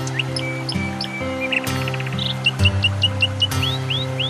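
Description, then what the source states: Canary song of scattered chips, a short buzzy roll and three rising swept whistles near the end, set against a continuous low tonal drone. Canary song mixed with nature sounds.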